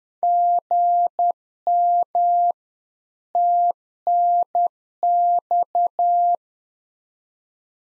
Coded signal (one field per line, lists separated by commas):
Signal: Morse code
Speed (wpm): 10 wpm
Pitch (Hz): 700 Hz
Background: none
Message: GM TNX